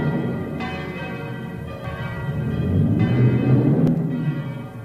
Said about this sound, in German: Und in Schellenberg hoben die Glocken das Wetterläuten an.